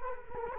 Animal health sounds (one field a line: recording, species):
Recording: mosquito wingbeat signal from an infrared sensor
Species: Culex quinquefasciatus